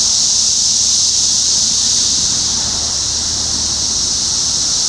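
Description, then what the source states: Cicadas buzzing in a continuous, even, high-pitched wash of sound, with a faint low hum. Topeka, Kansas, 14 June 2015.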